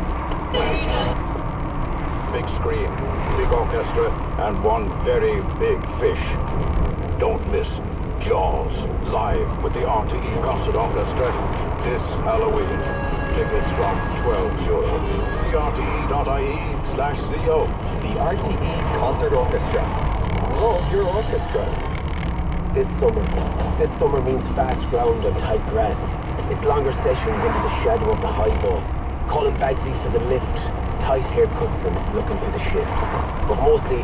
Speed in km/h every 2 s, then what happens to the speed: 39, 39, 38, 36, 38, 38, 34, 33, 27, 27, 31, 33, 32, 32, 32, 32, 32.
0-10 steady at about 38. 10-16 slows to 27. 16-22 speeds up to 33. 22-34 steady at about 32.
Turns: 13-22.